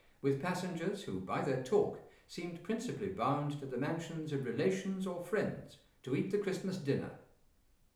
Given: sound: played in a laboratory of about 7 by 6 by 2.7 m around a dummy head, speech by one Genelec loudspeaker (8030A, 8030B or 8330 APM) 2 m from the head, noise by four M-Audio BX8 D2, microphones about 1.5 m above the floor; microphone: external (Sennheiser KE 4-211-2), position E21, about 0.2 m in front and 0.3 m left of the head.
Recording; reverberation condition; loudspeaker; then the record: male speech in English; medium; 120 degrees to the left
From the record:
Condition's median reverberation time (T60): about 510 ms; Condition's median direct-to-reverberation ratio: about -0.5 dB